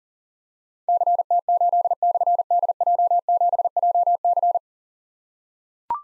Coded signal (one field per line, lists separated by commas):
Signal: Morse code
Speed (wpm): 42 wpm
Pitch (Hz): 700 Hz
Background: none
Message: CT8/DJ7JC